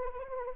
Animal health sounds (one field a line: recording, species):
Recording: mosquito wingbeat signal from an infrared sensor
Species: Anopheles arabiensis